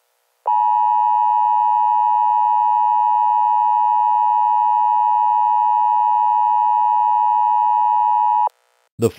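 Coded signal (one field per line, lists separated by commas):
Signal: Emergency Alert System (SAME) tones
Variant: 853 and 960 Hz attention tone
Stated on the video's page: Mock-up emergency alert for a fictional scenario.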